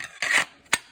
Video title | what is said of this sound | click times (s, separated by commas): The EKA RTG-1 an interesting knife. | you hear that click? It ain't going nowhere. | 0.7 s